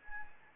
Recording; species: mosquito wingbeat signal from an infrared sensor; Anopheles gambiae